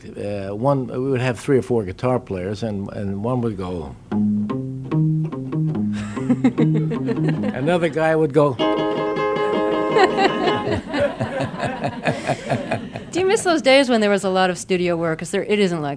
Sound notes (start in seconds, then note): 5.9 laughter; 9.4 laughter